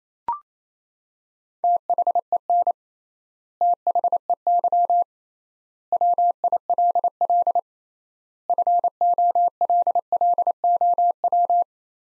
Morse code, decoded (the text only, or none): THEN THEY WILL FOLLOW